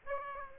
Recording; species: mosquito wingbeat signal from an infrared sensor; Aedes aegypti